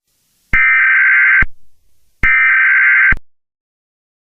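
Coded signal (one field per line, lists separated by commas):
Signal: Emergency Alert System (SAME) tones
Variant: header bursts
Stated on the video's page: Fictional EAS scenario made for entertainment.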